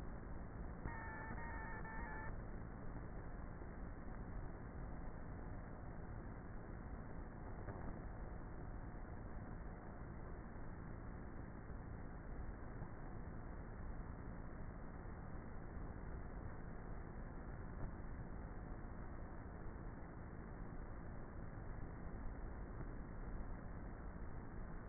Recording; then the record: honeybee colony, microphone inside the hive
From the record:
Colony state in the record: queenless with a low population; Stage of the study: before two queens were removed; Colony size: about 30,000 bees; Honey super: no